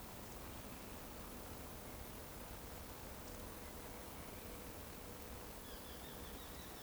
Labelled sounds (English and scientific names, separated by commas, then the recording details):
Eurasian Woodcock (Scolopax rusticola) whistle
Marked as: whistle, whistle, whistle
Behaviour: display flight
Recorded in Baden-Württemberg, Germany, on 25 June 2020 at 19:39 UTC
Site 14569, 102 m above sea level